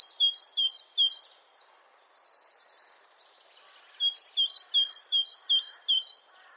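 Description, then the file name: Great tit song of sharp, see-sawing two-note phrases: three at the start, then faint twittering, then six more phrases in quick succession. "Parus major"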